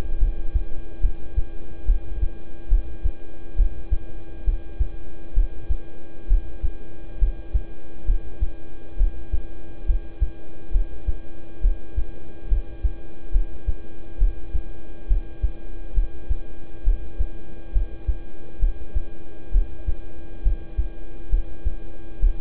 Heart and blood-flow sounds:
heart sounds by stethoscope; between the tricuspid and mitral areas; 68 bpm
0.18 s: heartbeat
1.01 s: heartbeat
1.85 s: heartbeat
2.68 s: heartbeat
3.56 s: heartbeat
4.44 s: heartbeat
5.34 s: heartbeat
6.27 s: heartbeat
7.19 s: heartbeat
8.05 s: heartbeat
8.97 s: heartbeat
9.86 s: heartbeat
10.71 s: heartbeat
11.61 s: heartbeat
12.48 s: heartbeat
13.32 s: heartbeat
14.18 s: heartbeat
15.07 s: heartbeat
15.94 s: heartbeat
16.84 s: heartbeat
17.72 s: heartbeat
18.59 s: heartbeat
19.51 s: heartbeat
20.43 s: heartbeat
21.30 s: heartbeat
22.20 s: heartbeat
From the record:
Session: rest, lying down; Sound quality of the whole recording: good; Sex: male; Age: 26 years

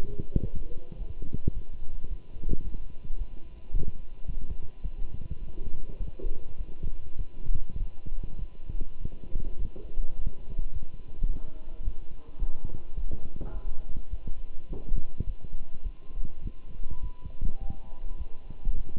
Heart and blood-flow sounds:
heart sounds by stethoscope; between the tricuspid and mitral areas; 105 bpm
0.43 s: heartbeat
0.98 s: heartbeat
1.54 s: heartbeat
2.09 s: heartbeat
2.64 s: heartbeat
3.18 s: heartbeat
3.73 s: heartbeat
4.27 s: heartbeat
4.83 s: heartbeat
5.40 s: heartbeat
5.99 s: heartbeat
6.58 s: heartbeat
7.18 s: heartbeat
7.79 s: heartbeat
8.39 s: heartbeat
8.99 s: heartbeat
9.58 s: heartbeat
10.16 s: heartbeat
10.73 s: heartbeat
11.29 s: heartbeat
11.85 s: heartbeat
12.40 s: heartbeat
12.96 s: heartbeat
13.53 s: heartbeat
14.11 s: heartbeat
14.69 s: heartbeat
15.26 s: heartbeat
15.84 s: heartbeat
16.43 s: heartbeat
17.02 s: heartbeat
17.60 s: heartbeat
18.18 s: heartbeat
18.76 s: heartbeat
From the record:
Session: walking at 3.7 km/h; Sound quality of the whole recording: good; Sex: male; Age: 24 years

